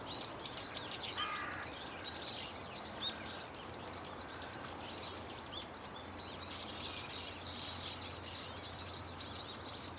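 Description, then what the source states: Birds: bird chorus of shrill overlapping chirps, with a harsher, lower call near the start and a steady low rumble underneath. Birds calling loudly and continuously from a tetrapod breakwater belt and its trees.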